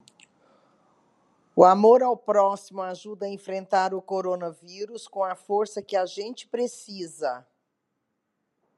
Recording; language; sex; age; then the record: spoken sentence; Brazilian Portuguese; female; 50 to 59 years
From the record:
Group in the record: control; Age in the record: 58 years